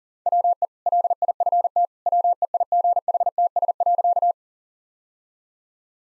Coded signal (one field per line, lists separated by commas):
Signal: Morse code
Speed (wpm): 40 wpm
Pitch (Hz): 700 Hz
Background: none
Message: WE LIFT WEIGHTS.